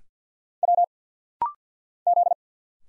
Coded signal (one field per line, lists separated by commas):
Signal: Morse code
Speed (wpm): 50 wpm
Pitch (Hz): 700 Hz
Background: none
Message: W Z